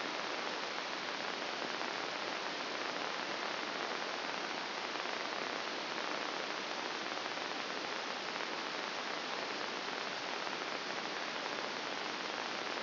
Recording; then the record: brain microelectrode recording played as sound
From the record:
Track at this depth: outside the subthalamic nucleus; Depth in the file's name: 2.972 mm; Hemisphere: left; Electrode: 2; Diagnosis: Parkinson's disease